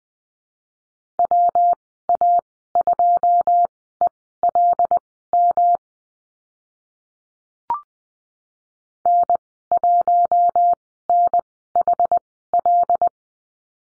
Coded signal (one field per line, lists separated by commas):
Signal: Morse code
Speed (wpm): 20 wpm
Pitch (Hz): 700 Hz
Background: none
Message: WA2ELM N1NHL